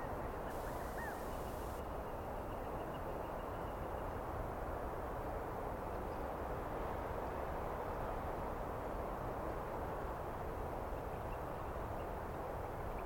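Wind rushes steadily through trees, a dense, unbroken roar weighted toward the low and middle range that holds level for the whole stretch. A short, bright hiss cuts in near the start, and a faint bird chirp surfaces once beneath the wind.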